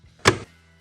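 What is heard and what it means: A plastic tail light access cover with three tabs is lined up and pushed into the rear trim panel behind the tail light of a 2019-2025 Acura RDX after replacing the rear turn signal bulb. One sharp click sounds at 0.3 s. The cover is seated completely, firm and tight.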